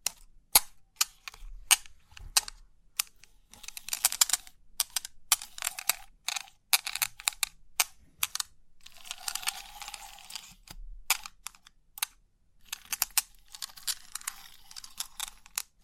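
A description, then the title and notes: Crisp 3D pin art sounds: sharp, bright clicks and taps arrive in irregular bursts, some spaced out and some clustered. Between them come longer rustling, scraping passages of dense, hissy ticking, especially around four and nine to ten seconds. Crisp 3D Pin Art Tingles(No Talking).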